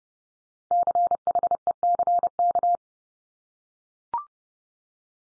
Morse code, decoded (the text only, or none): CHECK